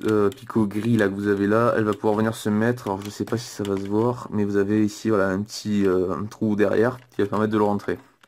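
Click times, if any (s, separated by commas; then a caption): none. Someone talks throughout while handling a plastic piece of a 2013 DX Legacy Dino Megazord toy, lining it up with a small hole in the back of the dinosaur zord. Two faint, brief ticks occur right at the end, around 8.2 and 8.3 seconds. The piece has not seated or clicked into place yet.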